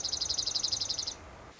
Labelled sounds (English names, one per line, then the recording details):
Dark-eyed Junco
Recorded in Sonoma County, California